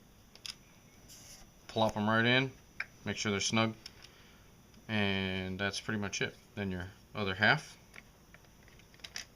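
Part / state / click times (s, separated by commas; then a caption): polymer magazine shell half onto the other shell half / seated / 9.1 s, 9.2 s. Someone talks while assembling a KWA 120-round polymer airsoft mid-cap magazine, pressing the other half of the polymer shell onto the assembled half. Light handling ticks precede it, and the shell half snaps on with sharp clicks at 9.1 s and 9.2 s, seated.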